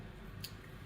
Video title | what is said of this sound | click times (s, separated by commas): Shark Cordless Vertex Pro Onboard Attachment Installation | snaps in it clicks in place and there you go and it is pretty tight it won't go up and down | 0.5 s